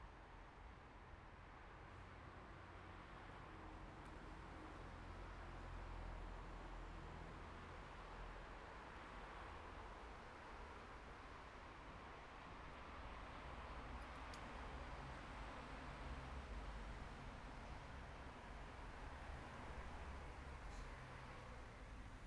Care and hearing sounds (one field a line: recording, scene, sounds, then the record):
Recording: everyday scene through a hearing-aid microphone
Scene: in traffic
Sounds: traffic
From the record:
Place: bus stop on a city main road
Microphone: behind the ear, right, rear